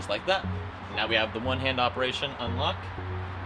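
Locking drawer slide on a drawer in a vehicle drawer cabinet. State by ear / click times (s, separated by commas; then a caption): not seated / none. A locking drawer slide on a wooden drawer in a DIY 4Runner drawer cabinet is handled with one hand to unlock it while someone talks over background music. Nothing has seated or clicked yet.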